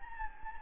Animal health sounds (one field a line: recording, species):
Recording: mosquito wingbeat signal from an infrared sensor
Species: Anopheles gambiae